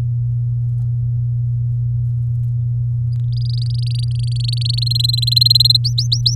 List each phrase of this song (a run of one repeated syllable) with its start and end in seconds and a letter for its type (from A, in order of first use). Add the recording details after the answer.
3.32-4.84 A, 4.86-5.77 B, 5.84-6.35 C. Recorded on 7 May 2018 at 17:05. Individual llb16